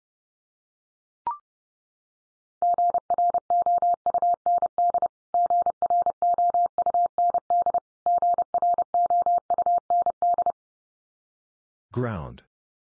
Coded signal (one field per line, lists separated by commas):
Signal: Morse code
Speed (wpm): 30 wpm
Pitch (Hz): 700 Hz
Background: none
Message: GROUND GROUND GROUND